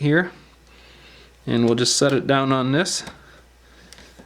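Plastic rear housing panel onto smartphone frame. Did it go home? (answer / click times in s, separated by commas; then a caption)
yes / 3.9 s. Someone talks while a plastic rear housing panel is set down onto an LG G3 smartphone frame and pressed in. It gives a short click at 3.9 s, and the housing is seated in place.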